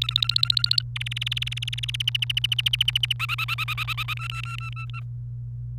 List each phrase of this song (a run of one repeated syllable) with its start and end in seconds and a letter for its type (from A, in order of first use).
0.00-0.82 A, 0.96-1.90 B, 1.94-3.13 C, 3.19-4.14 D, 4.17-5.00 E